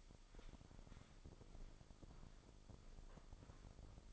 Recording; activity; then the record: daily activity, microphone in the room; sweep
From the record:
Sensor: 5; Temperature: 24.6 degrees Celsius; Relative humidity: 32.2%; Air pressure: 996.1 hPa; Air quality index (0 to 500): 100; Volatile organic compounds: 6 ppm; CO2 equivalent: 1921 ppm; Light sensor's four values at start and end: 42/101/41/44 and 41/100/41/43